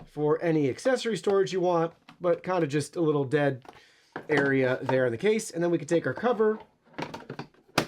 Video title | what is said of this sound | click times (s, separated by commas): Ecovacs Deebot X11 Omni Dock Maintenance | then just snap it right back in. | 7.8 s